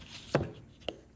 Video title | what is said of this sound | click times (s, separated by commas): Transformers Legacy Velocitron 500 COSMOS Deluxe Figure - Rodimusbill Review (Walmart Exclusive) | just rotate the head it snaps into place | 0.9 s